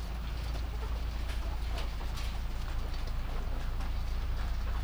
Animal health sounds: poultry house recording; sick chickens (respiratory disease)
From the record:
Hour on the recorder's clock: 0

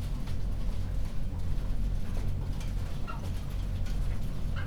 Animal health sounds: poultry house recording; sick chickens (respiratory disease)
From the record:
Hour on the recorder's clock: 20

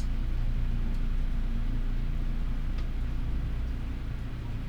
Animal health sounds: poultry house recording; healthy chickens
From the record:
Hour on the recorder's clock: 12

